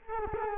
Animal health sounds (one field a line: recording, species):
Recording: mosquito wingbeat signal from an infrared sensor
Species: Culex quinquefasciatus